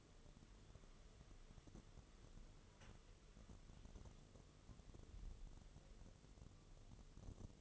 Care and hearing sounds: daily activity, microphone in the room; wipe stove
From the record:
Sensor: 4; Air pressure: 1015.9 hPa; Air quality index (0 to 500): 101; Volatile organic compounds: 2 ppm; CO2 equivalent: 1128 ppm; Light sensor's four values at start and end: 9/19/7/7 and 9/19/7/7

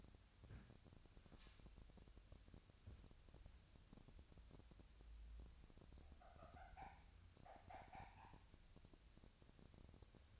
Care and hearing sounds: daily activity, microphone in the room; wipe stove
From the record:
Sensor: 2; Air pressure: 1006.9 hPa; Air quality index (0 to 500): 198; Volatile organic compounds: 14 ppm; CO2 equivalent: 2430 ppm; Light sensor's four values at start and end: 9/23/9/10 and 9/23/9/10

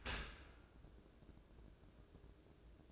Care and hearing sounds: daily activity, microphone in the room; open dishwasher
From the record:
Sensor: 2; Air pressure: 1012.2 hPa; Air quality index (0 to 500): 133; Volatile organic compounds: 2 ppm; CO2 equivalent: 979 ppm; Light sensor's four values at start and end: 302/739/300/306 and 301/737/299/305

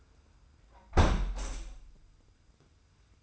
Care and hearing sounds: daily activity, microphone in the room; close window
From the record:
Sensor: 2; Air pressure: 990.2 hPa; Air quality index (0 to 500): 203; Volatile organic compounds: 1000 ppm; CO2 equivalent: 6506 ppm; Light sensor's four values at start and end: 24/57/23/23 and 23/55/22/22

